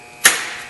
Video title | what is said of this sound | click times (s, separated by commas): Valve Cover Gasket Replacement | it locks back in okay same thing on this tube in the back there | 0.3 s